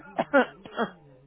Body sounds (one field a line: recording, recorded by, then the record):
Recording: voluntary cough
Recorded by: telephone call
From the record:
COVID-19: positive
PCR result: checked with the laboratory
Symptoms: no